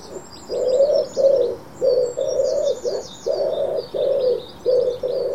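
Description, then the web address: Bird calling in a steady run of low, muffled hoots of varying length with brief gaps, over faint high chirps from other birds. "cianscape. Deverinetal. Bird Only"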